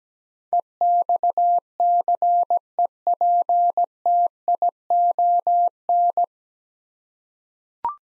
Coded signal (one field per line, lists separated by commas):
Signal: Morse code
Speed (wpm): 17 wpm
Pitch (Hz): 700 Hz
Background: none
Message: EXCEPTION